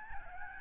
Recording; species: mosquito wingbeat signal from an infrared sensor; Aedes albopictus